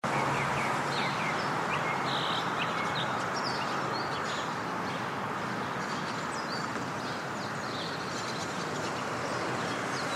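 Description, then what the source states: Birds chirping: short, high chirps and twitters scattered throughout, partly buried under a loud, steady hiss of traffic or city noise. Urban neighborhood.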